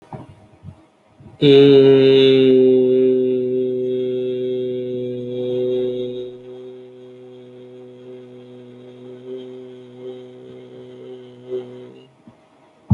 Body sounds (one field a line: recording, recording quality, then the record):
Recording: sustained vowel as in made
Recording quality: moderate, slight background noise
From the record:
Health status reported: healthy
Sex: male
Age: 27 years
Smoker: yes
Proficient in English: yes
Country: India